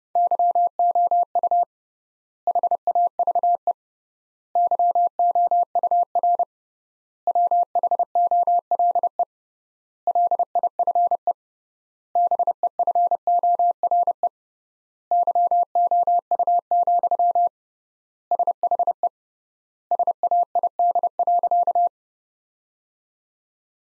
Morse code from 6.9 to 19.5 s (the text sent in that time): WHOLE LIFE BEFORE YOU, SHE